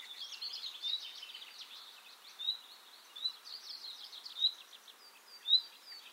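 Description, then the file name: Common nightingale singing a dense, varied stream of trills and warbled phrases, punctuated by several louder, sharp, high chirps throughout. "Luscinia megarhynchos"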